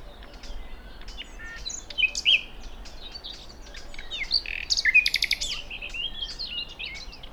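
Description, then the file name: Common nightingale song: varied chirps, slurred notes and sharp clicks, with a rapid buzzy trill near the middle, over steady low background noise. "Luscinia megarhynchos"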